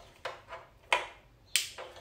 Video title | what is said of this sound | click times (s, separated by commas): Undoing broken or stubborn VW/Audi wiring connectors. | there's the click | 0.9 s, 1.6 s